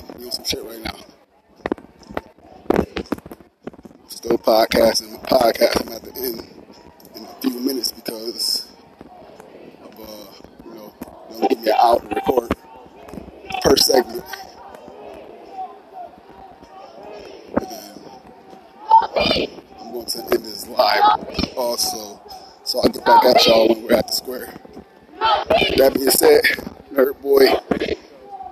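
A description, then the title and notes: A protest in Niagara Square in downtown Buffalo: voices talk and call out over a steady murmur of a crowd for the full half minute. Louder bursts of shouting come every few seconds, strongest around 5, 14, 19–20, 23 and 26 seconds. Niagara Square Protest in Downtown Buffalo.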